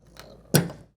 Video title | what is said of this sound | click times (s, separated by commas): Mercedes-Benz Fuel Injector & Fuel Rail Seals Replacement Overview | the click confirms they have been pressed in all the way remove drift | 0.6 s